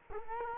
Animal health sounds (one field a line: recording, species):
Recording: mosquito wingbeat signal from an infrared sensor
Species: Culex quinquefasciatus